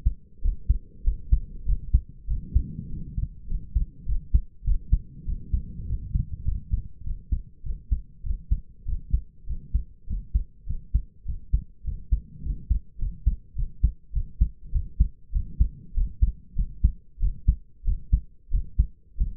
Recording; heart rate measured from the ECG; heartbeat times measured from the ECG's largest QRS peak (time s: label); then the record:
heart sounds by stethoscope; 99 bpm
0.41 s: heartbeat
1.03 s: heartbeat
1.65 s: heartbeat
2.27 s: heartbeat
2.89 s: heartbeat
3.47 s: heartbeat
4.05 s: heartbeat
4.64 s: heartbeat
5.25 s: heartbeat
5.86 s: heartbeat
6.44 s: heartbeat
7.03 s: heartbeat
7.63 s: heartbeat
8.23 s: heartbeat
8.85 s: heartbeat
9.46 s: heartbeat
10.06 s: heartbeat
10.66 s: heartbeat
11.25 s: heartbeat
11.83 s: heartbeat
12.42 s: heartbeat
12.98 s: heartbeat
13.55 s: heartbeat
14.12 s: heartbeat
14.71 s: heartbeat
15.32 s: heartbeat
15.94 s: heartbeat
16.55 s: heartbeat
17.19 s: heartbeat
17.84 s: heartbeat
18.50 s: heartbeat
19.17 s: heartbeat
From the record:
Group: healthy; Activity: rest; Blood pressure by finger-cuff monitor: 102/66 mmHg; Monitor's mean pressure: 76 mmHg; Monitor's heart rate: 99 bpm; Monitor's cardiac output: 6.6 L/min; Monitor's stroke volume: 67 mL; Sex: male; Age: 22 years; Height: 181 cm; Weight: 60 kg